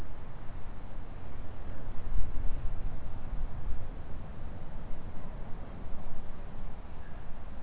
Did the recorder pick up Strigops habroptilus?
no